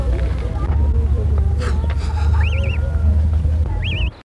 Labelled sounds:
Black-necked Swan call

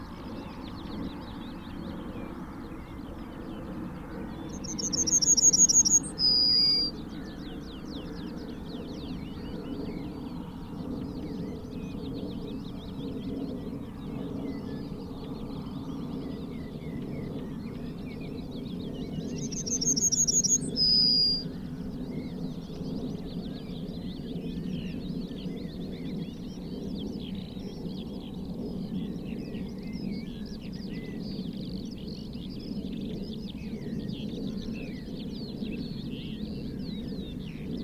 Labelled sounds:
Yellowhammer song

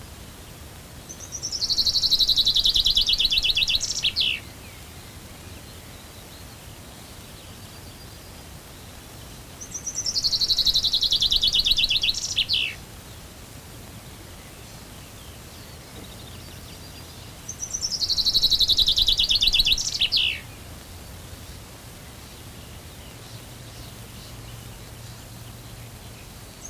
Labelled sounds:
Common Chaffinch song

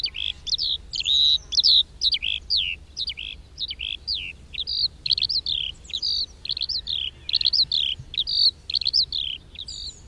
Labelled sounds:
Eurasian Skylark flight song

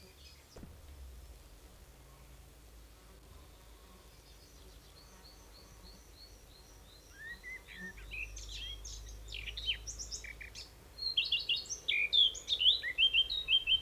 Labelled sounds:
Eurasian Blackcap song

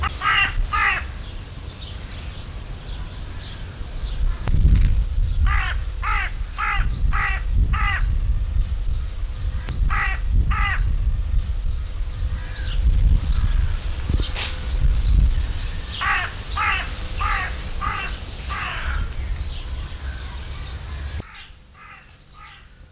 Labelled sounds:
Hooded Crow call

